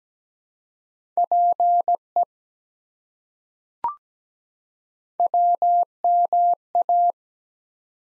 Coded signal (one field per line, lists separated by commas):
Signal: Morse code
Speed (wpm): 17 wpm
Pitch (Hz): 700 Hz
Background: none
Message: PE WMA